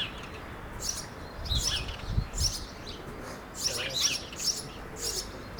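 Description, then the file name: House sparrow chirps, short bright notes in irregular bursts over a low rumbling background. "Passer domesticus"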